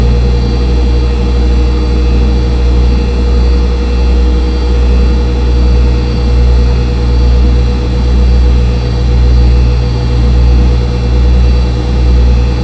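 Computers hum steadily in a studio, a deep constant drone with a faint whine above it and a slow, gentle pulsing throughout.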